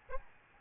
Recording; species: mosquito wingbeat signal from an infrared sensor; Aedes albopictus